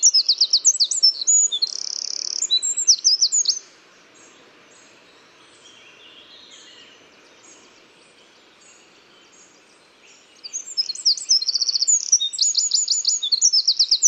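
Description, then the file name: Eurasian wren song in two bursts, each a loud, high, hurried jumble of chips and trills, separated by about six seconds of near silence. "Troglodytes troglodytes"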